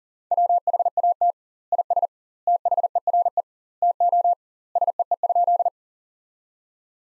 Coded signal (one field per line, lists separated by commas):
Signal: Morse code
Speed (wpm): 37 wpm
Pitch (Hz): 700 Hz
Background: none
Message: WHAT IS THERE TO SEE?